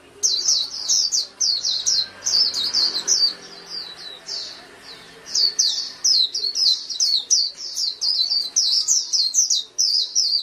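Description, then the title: Oriental magpie-robin song: rapid bursts of high, sharp chirping notes in quick runs, with a few brief pauses, over a faint steady hum. "Kicau Kacer"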